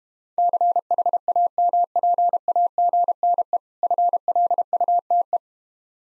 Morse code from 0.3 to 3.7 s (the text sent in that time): CHAMPAGNE